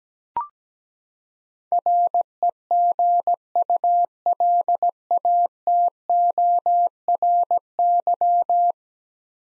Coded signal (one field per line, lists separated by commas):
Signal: Morse code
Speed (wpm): 17 wpm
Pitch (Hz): 700 Hz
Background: none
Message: REGULATORY